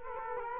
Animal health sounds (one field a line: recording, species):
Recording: mosquito wingbeat signal from an infrared sensor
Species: Culex quinquefasciatus